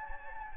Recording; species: mosquito wingbeat signal from an infrared sensor; Anopheles gambiae